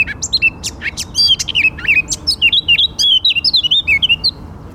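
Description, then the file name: Eurasian blackcap song, a rapid run of clear, fluty whistled notes sliding up and down, delivered almost without pause for nearly five seconds. "Sylvia atricapilla"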